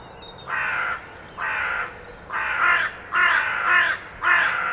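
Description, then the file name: Carrion crow calling with five harsh, hoarse caws in a steady series, roughly one every second. "Corvus corone"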